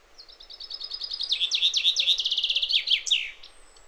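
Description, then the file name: Common chaffinch song: a single phrase of high thin notes running into a bright rattling series that ends in a quick flourish, lasting about three seconds. "Fringilla coelebs"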